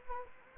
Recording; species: mosquito wingbeat signal from an infrared sensor; Anopheles gambiae